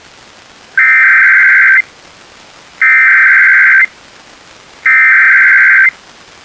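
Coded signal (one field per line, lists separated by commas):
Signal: Emergency Alert System (SAME) tones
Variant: header bursts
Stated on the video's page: Required Monthly Tests relayed by a NOAA Weather Radio station and FM broadcast stations, received on a weather radio and a stereo.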